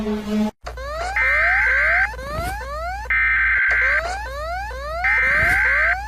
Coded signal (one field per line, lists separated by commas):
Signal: Emergency Alert System (SAME) tones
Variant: header bursts